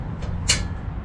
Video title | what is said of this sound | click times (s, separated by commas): Why I Swapped My 1up Bike Rack... - OUTFITR Tire Hold Platform 2 E-Bike Rack - Heavy Duty Bike Rack | and it clicks and it locks into place. | 0.5 s